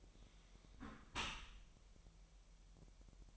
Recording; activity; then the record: daily activity, microphone in the room; close dishwasher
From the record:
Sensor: 1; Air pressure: 1000.6 hPa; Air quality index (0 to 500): 247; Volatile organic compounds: 142 ppm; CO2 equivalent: 3986 ppm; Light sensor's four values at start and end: 11/27/11/12 and 11/27/11/12